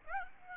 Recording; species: mosquito wingbeat signal from an infrared sensor; Aedes aegypti